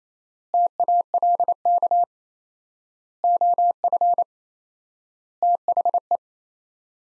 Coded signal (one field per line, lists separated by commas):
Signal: Morse code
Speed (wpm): 28 wpm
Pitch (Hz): 700 Hz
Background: none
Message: TALK OF THE